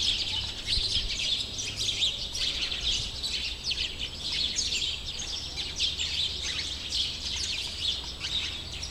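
Sparrows chirping, a dense chatter of high, overlapping tweets from several birds that never pauses, over a low background hum.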